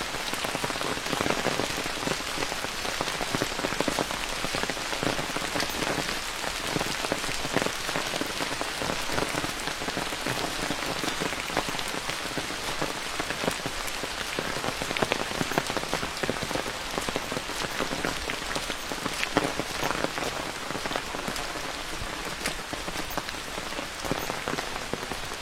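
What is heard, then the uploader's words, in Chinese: Rain falls steadily during a walk along a forest trail. A dense, even patter fills the whole 25 seconds, with countless small drops tapping at a quick, irregular rate and occasional slightly sharper hits standing out. The sound is bright and hissy, with little low rumble. 在雨中沿着森林步道漫步。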